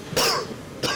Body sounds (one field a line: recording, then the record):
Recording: coughing mixed with background sound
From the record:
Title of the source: Coughing 60